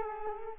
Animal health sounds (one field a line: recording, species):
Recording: mosquito wingbeat signal from an infrared sensor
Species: Culex quinquefasciatus